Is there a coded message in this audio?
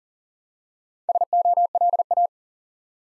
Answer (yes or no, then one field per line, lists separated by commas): yes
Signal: Morse code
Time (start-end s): 1.1-2.3 s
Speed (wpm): 40 wpm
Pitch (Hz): 700 Hz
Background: none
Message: SOLA